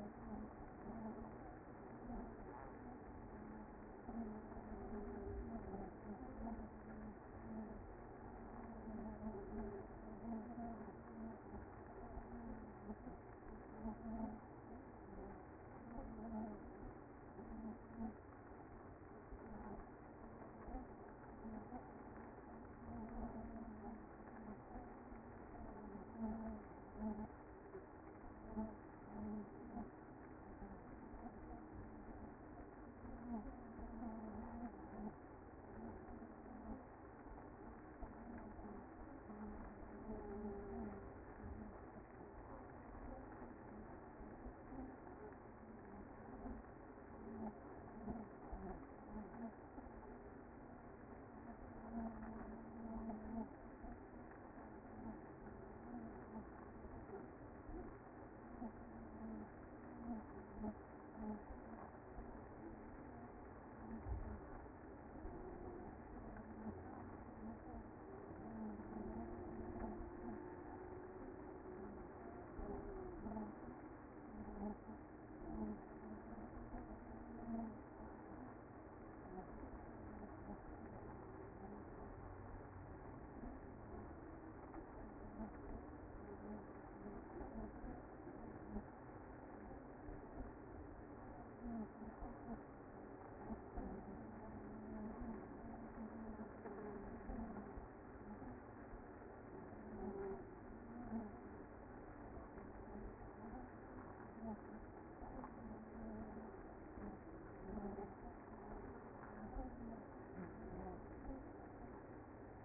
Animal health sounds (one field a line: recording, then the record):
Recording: honeybee colony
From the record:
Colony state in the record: active